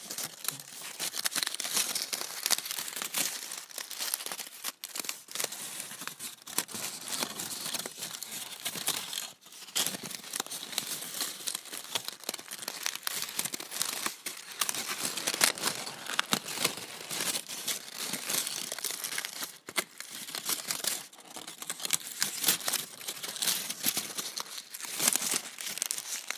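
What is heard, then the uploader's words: Scrunched-up foil is rubbed between hands in a dense, continuous crinkle, bright, with brief pauses near five, ten and twenty seconds. Various ASMR triggers with foil. Rubbing scrunched-up foil in my hands.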